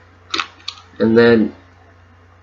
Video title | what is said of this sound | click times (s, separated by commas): How to install Bearings in a Revo SX 3rd gen. | got to find the sweet spot your clicks right in there okay | 0.7 s